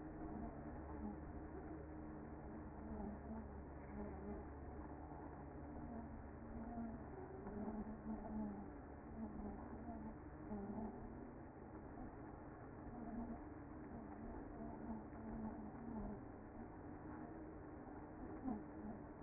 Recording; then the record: honeybee colony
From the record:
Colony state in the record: active